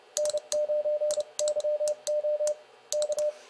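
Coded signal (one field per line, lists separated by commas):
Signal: Morse code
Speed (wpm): 30 wpm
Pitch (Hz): 600 Hz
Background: none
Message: N9YO K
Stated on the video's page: Morse code speed challenge at around 30 to 35 WPM.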